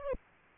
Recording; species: mosquito wingbeat signal from an infrared sensor; Aedes aegypti